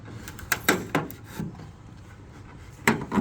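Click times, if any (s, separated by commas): 0.5 s, 0.7 s, 2.9 s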